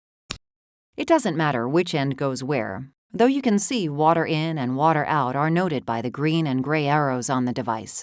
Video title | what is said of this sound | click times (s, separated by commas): 4. Patient Warming with Allon®: Getting Started | connect the hoses to the machine on one end by connecting metal to metal listen for the click | 0.3 s